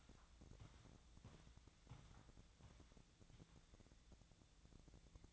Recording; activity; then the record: daily activity, microphone in the room; walk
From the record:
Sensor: 3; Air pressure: 1012.1 hPa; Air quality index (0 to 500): 184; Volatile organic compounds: 3 ppm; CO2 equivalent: 1410 ppm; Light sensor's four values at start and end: 55/145/63/66 and 57/151/66/70